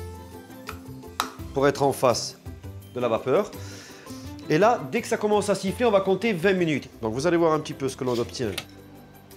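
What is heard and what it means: Someone turns the pressure selector knob on a pressure cooker lid one notch to the steam position, and a sharp click is heard at 1.2 s as it seats. Someone talks over background music for the rest of the clip.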